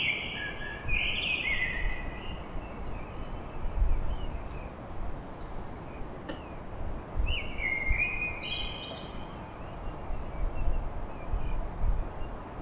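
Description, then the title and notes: Common blackbird song: two warbled phrases, each fluty and low then ending in thin, squeaky high twitters, with a steady low rumble of background noise throughout. Song recorded at dawn in Paris. "Blackbird Poetry At Paris On. Enregistrement d'un chant de merle à l'aube dans Paris"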